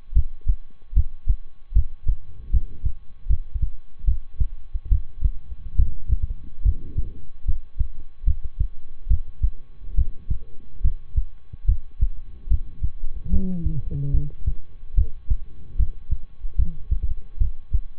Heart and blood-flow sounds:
heart sounds by stethoscope; between the tricuspid and mitral areas; 73 bpm
0.12 s: heartbeat
0.93 s: heartbeat
1.72 s: heartbeat
2.50 s: heartbeat
3.26 s: heartbeat
4.04 s: heartbeat
4.88 s: heartbeat
5.75 s: heartbeat
6.62 s: heartbeat
7.44 s: heartbeat
8.23 s: heartbeat
9.07 s: heartbeat
9.94 s: heartbeat
10.80 s: heartbeat
11.65 s: heartbeat
12.47 s: heartbeat
13.29 s: heartbeat
14.10 s: heartbeat
14.94 s: heartbeat
15.75 s: heartbeat
16.55 s: heartbeat
17.37 s: heartbeat
From the record:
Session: rest, lying down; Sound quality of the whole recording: good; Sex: male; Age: 23 years

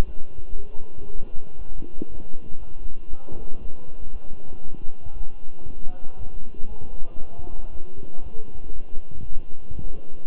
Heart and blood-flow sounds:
heart sounds by stethoscope; between the tricuspid and mitral areas; 118 bpm
0.05 s: heartbeat
0.55 s: heartbeat
1.06 s: heartbeat
1.57 s: heartbeat
2.08 s: heartbeat
2.58 s: heartbeat
3.09 s: heartbeat
3.60 s: heartbeat
4.11 s: heartbeat
4.62 s: heartbeat
5.13 s: heartbeat
5.65 s: heartbeat
6.17 s: heartbeat
6.68 s: heartbeat
7.19 s: heartbeat
7.71 s: heartbeat
8.22 s: heartbeat
8.72 s: heartbeat
9.22 s: heartbeat
9.73 s: heartbeat
10.23 s: heartbeat
From the record:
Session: walking at 3.7 km/h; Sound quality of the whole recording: good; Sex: male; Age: 23 years

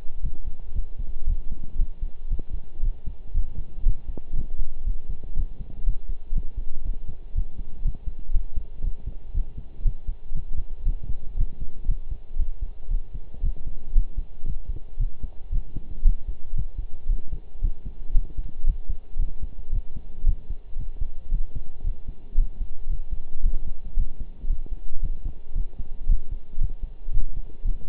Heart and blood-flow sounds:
heart sounds by stethoscope; between the tricuspid and mitral areas; 116 bpm
0.23 s: heartbeat
0.75 s: heartbeat
1.27 s: heartbeat
1.79 s: heartbeat
2.30 s: heartbeat
2.82 s: heartbeat
3.34 s: heartbeat
3.86 s: heartbeat
4.36 s: heartbeat
4.86 s: heartbeat
5.36 s: heartbeat
5.86 s: heartbeat
6.35 s: heartbeat
6.85 s: heartbeat
7.35 s: heartbeat
7.84 s: heartbeat
8.34 s: heartbeat
8.83 s: heartbeat
9.34 s: heartbeat
9.85 s: heartbeat
10.35 s: heartbeat
10.86 s: heartbeat
11.37 s: heartbeat
11.88 s: heartbeat
12.39 s: heartbeat
12.90 s: heartbeat
13.43 s: heartbeat
13.95 s: heartbeat
14.47 s: heartbeat
14.99 s: heartbeat
15.52 s: heartbeat
16.05 s: heartbeat
16.56 s: heartbeat
17.09 s: heartbeat
17.62 s: heartbeat
18.14 s: heartbeat
18.66 s: heartbeat
19.19 s: heartbeat
19.72 s: heartbeat
20.26 s: heartbeat
20.79 s: heartbeat
21.31 s: heartbeat
21.84 s: heartbeat
22.37 s: heartbeat
22.89 s: heartbeat
23.43 s: heartbeat
23.97 s: heartbeat
24.50 s: heartbeat
25.02 s: heartbeat
25.55 s: heartbeat
26.09 s: heartbeat
26.61 s: heartbeat
27.13 s: heartbeat
27.64 s: heartbeat
From the record:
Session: pedaling a stationary bicycle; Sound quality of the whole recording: partially saturated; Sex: male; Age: 23 years

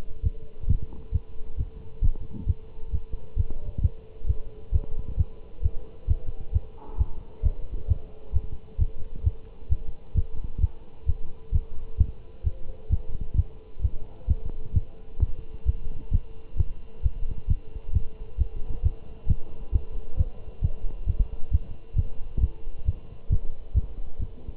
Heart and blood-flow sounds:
heart sounds by stethoscope; between the tricuspid and mitral areas; 133 bpm
0.25 s: heartbeat
0.69 s: heartbeat
1.13 s: heartbeat
1.59 s: heartbeat
2.03 s: heartbeat
2.48 s: heartbeat
2.93 s: heartbeat
3.38 s: heartbeat
3.83 s: heartbeat
4.28 s: heartbeat
4.74 s: heartbeat
5.19 s: heartbeat
5.64 s: heartbeat
6.09 s: heartbeat
6.54 s: heartbeat
6.99 s: heartbeat
7.44 s: heartbeat
7.89 s: heartbeat
8.35 s: heartbeat
8.80 s: heartbeat
9.25 s: heartbeat
9.71 s: heartbeat
10.16 s: heartbeat
10.62 s: heartbeat
11.08 s: heartbeat
11.54 s: heartbeat
11.99 s: heartbeat
12.45 s: heartbeat
12.91 s: heartbeat
13.37 s: heartbeat
13.83 s: heartbeat
14.29 s: heartbeat
14.75 s: heartbeat
15.21 s: heartbeat
15.67 s: heartbeat
16.12 s: heartbeat
16.58 s: heartbeat
17.04 s: heartbeat
17.49 s: heartbeat
17.94 s: heartbeat
18.40 s: heartbeat
18.84 s: heartbeat
19.29 s: heartbeat
19.74 s: heartbeat
20.25 s: heartbeat
20.63 s: heartbeat
21.08 s: heartbeat
21.53 s: heartbeat
21.97 s: heartbeat
22.42 s: heartbeat
22.87 s: heartbeat
23.31 s: heartbeat
23.76 s: heartbeat
24.21 s: heartbeat
From the record:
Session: Bruce protocol treadmill stress test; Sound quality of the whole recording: good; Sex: male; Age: 25 years

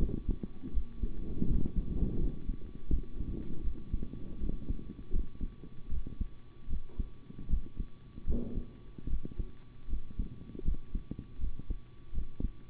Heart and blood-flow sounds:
heart sounds by stethoscope; between the tricuspid and mitral areas; 79 bpm
0.71 s: heartbeat
1.46 s: heartbeat
2.17 s: heartbeat
2.89 s: heartbeat
3.62 s: heartbeat
4.38 s: heartbeat
5.11 s: heartbeat
5.89 s: heartbeat
6.68 s: heartbeat
7.48 s: heartbeat
8.26 s: heartbeat
9.08 s: heartbeat
9.88 s: heartbeat
10.63 s: heartbeat
11.39 s: heartbeat
12.13 s: heartbeat
From the record:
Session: rest, sitting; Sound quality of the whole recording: good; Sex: male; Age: 25 years

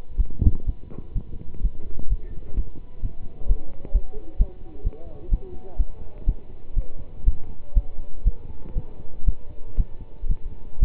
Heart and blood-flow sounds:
heart sounds by stethoscope; between the tricuspid and mitral areas; 124 bpm
0.16 s: heartbeat
0.65 s: heartbeat
1.13 s: heartbeat
1.61 s: heartbeat
2.08 s: heartbeat
2.55 s: heartbeat
3.01 s: heartbeat
3.47 s: heartbeat
3.92 s: heartbeat
4.38 s: heartbeat
4.83 s: heartbeat
5.30 s: heartbeat
5.77 s: heartbeat
6.25 s: heartbeat
6.75 s: heartbeat
7.25 s: heartbeat
7.74 s: heartbeat
8.24 s: heartbeat
8.75 s: heartbeat
9.25 s: heartbeat
9.76 s: heartbeat
10.28 s: heartbeat
10.79 s: heartbeat
From the record:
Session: pedaling a stationary bicycle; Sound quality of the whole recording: good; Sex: male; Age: 27 years

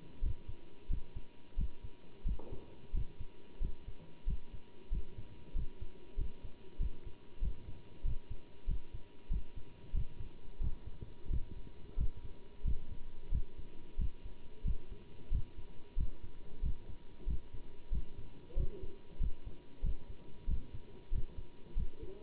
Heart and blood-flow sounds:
heart sounds by stethoscope; between the tricuspid and mitral areas; 92 bpm
0.24 s: heartbeat
0.91 s: heartbeat
1.59 s: heartbeat
2.27 s: heartbeat
2.95 s: heartbeat
3.62 s: heartbeat
4.28 s: heartbeat
4.93 s: heartbeat
5.56 s: heartbeat
6.19 s: heartbeat
6.81 s: heartbeat
7.43 s: heartbeat
8.06 s: heartbeat
8.69 s: heartbeat
9.32 s: heartbeat
9.95 s: heartbeat
10.62 s: heartbeat
11.31 s: heartbeat
11.99 s: heartbeat
12.66 s: heartbeat
13.33 s: heartbeat
14.00 s: heartbeat
14.66 s: heartbeat
15.33 s: heartbeat
15.99 s: heartbeat
16.64 s: heartbeat
17.28 s: heartbeat
17.93 s: heartbeat
18.58 s: heartbeat
19.22 s: heartbeat
19.85 s: heartbeat
20.49 s: heartbeat
21.13 s: heartbeat
21.78 s: heartbeat
From the record:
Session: bicycle stress test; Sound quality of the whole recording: good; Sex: male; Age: 27 years

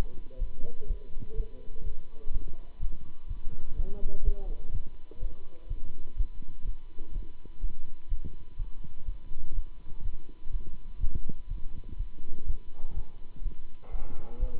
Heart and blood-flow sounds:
heart sounds by stethoscope; between the tricuspid and mitral areas; 124 bpm
0.37 s: heartbeat
0.86 s: heartbeat
1.34 s: heartbeat
1.83 s: heartbeat
2.30 s: heartbeat
2.79 s: heartbeat
3.27 s: heartbeat
3.75 s: heartbeat
4.23 s: heartbeat
4.71 s: heartbeat
5.19 s: heartbeat
5.67 s: heartbeat
6.15 s: heartbeat
6.63 s: heartbeat
7.12 s: heartbeat
7.60 s: heartbeat
8.08 s: heartbeat
8.56 s: heartbeat
9.04 s: heartbeat
9.53 s: heartbeat
10.01 s: heartbeat
10.50 s: heartbeat
10.98 s: heartbeat
11.47 s: heartbeat
11.96 s: heartbeat
12.45 s: heartbeat
12.93 s: heartbeat
13.41 s: heartbeat
13.90 s: heartbeat
14.38 s: heartbeat
From the record:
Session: Bruce protocol treadmill stress test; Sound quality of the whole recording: good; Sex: male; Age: 26 years

